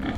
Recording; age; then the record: pig call; growing-finishing pig (85 days or more)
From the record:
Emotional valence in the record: negative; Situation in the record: barren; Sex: female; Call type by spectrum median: low-frequency call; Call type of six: low-frequency stable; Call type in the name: low-frequency stable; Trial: 3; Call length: 0.18 s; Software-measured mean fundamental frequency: 43 Hz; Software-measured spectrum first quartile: 133 Hz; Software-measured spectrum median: 305 Hz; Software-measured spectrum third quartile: 1025 Hz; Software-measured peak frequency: 56 Hz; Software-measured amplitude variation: 100 dB a second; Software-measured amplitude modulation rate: 16.6 a second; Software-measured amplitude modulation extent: 6.0 dB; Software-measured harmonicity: 1.1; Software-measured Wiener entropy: -1.26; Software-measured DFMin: 519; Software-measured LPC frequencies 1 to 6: 1627, 2090, 3291, 5473, 6487, 7348 Hz